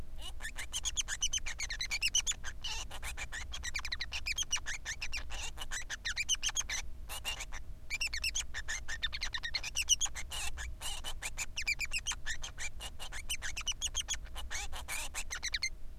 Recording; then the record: song of a male Bengalese finch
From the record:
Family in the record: son of father 3